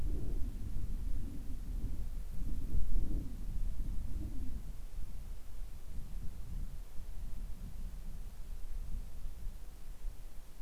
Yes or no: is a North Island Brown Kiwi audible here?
no